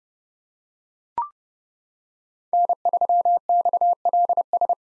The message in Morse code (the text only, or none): N3XLS